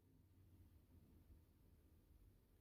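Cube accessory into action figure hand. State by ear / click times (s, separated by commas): not seated / none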